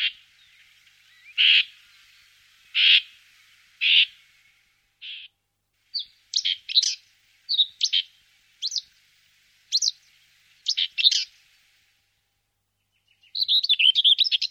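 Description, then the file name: Common whitethroat giving three harsh, grating notes about a second apart, then short scratchy chirps spread over several seconds, ending in a quick rapid chattering burst. "Grasmus"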